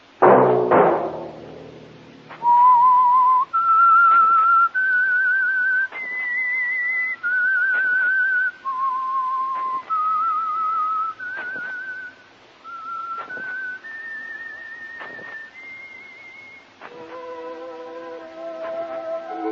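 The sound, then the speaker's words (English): A loud low chord opens, then a lone whistler carries a slow, eerie theme melody of long held notes rising and falling, with accompanying instruments swelling in at the end; the theme of the Signal Oil radio program The Whistler. “That whistle be your signal for the Signal Oil program, The Whistler, each Wednesday night at this same time, brought to you by the Signal Oil Company, marketers of Signal gasoline and motor oil and fine quality automotive accessories.”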